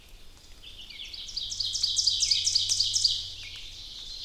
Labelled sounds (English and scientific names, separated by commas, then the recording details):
Ovenbird (Seiurus aurocapilla) song
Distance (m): 30 m
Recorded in boreal forest in Alberta, Canada, on 2 June 2016 at 06:12
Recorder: SongMeter 3, array SBT-3-7
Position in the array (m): 49 m, 148 m
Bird 4